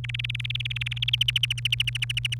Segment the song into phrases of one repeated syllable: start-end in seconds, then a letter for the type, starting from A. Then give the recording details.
0.04-1.10 A, 1.13-2.34 B. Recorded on 28 April 2018 at 12:59. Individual llb3